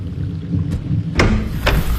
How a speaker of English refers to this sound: Come inside out of the rain.